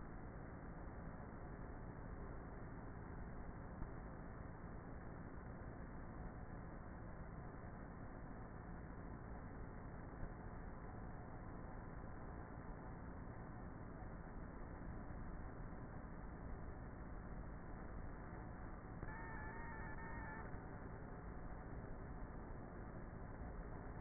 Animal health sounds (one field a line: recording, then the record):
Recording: honeybee colony, microphone inside the hive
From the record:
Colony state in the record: queenless with a low population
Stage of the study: before two queens were removed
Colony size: about 30,000 bees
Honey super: no